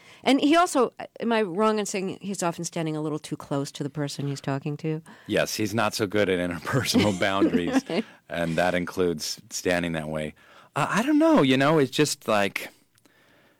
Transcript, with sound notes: And he also - am I wrong in saying he's often standing a little too close to the person he's talking to?
Yes, he's not so good at interpersonal boundaries.
(Laughter) OK.
And that includes standing that way. I don't know, you know? It's just, like,